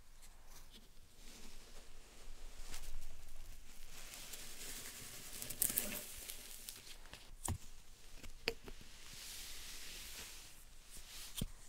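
Slime and sand are handled in a steady stream of soft, wet squishing and grainy rustling that thickens around three and six seconds. Sharp clicks and snaps punctuate it, most clearly near seven and a half and eight and a half seconds.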